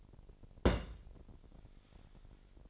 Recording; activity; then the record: daily activity, microphone in the room; place on stove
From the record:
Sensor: 5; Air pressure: 1012.1 hPa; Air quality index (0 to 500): 237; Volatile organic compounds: 4 ppm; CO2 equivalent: 1571 ppm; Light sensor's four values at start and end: 44/100/42/45 and 46/103/44/46